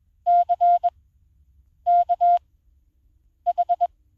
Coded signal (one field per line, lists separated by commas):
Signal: Morse code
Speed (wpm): 21 wpm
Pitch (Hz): 700 Hz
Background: none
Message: C K H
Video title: 20 WPM CW Morse code Koch trainer app for Android smartphones and tablets, QWERTY keypad RX feature